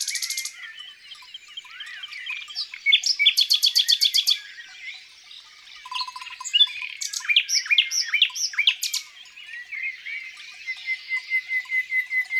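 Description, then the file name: Common nightingale singing varied phrases: a fast high rattling burst, a low soft note run, sharp rising slurs, then steady repeated whistled notes. Song in the countryside. "Rossignol philomele Chants doiseaux dans la campagne"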